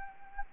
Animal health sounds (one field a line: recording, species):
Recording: mosquito wingbeat signal from an infrared sensor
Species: Anopheles gambiae